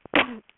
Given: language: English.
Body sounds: throat vibration sensor signal played as sound; cough

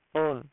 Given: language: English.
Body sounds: throat vibration sensor signal played as sound; speech

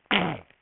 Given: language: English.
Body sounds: throat vibration sensor signal played as sound; throat clearing

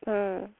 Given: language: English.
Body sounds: throat vibration sensor signal played as sound; speech

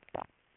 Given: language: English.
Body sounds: throat vibration sensor signal played as sound; swallow

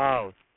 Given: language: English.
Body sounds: throat vibration sensor signal played as sound; speech

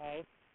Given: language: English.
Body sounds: throat vibration sensor signal played as sound; speech

